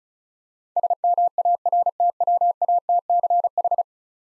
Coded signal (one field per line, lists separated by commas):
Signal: Morse code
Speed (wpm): 35 wpm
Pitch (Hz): 700 Hz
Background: none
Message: SMARTWATCH